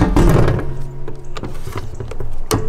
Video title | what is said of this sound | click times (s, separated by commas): Milwaukee M12 Fuel Hatchet : Battery Powered Chainsaw Review | has a small screwdriver again for this and uh just great to have this attached snaps into place | 2.5 s